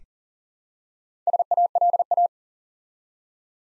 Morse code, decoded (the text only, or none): SALA